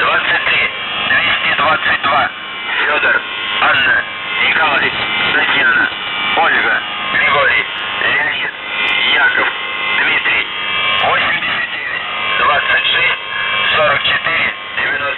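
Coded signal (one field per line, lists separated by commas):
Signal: numbers station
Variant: UVB-76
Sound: a voice speaking over a steady harsh buzzing drone, with radio hiss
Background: radio static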